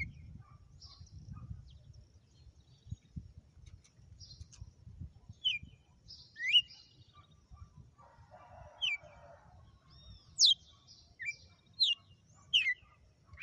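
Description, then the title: Red-cowled cardinal song: soft early notes building to louder, sharp whistles later on, over a faint low rumble. Female; sang one lash (açoite) of song after another today. "Canto Galo Campina Fêmea. Galo de campina,hj foi um açoite atrás do outro"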